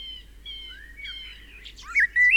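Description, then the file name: Common blackbird song: soft whistled notes build into a louder, rising fluted phrase with a squeaky high finish at the end. "Turdus merula"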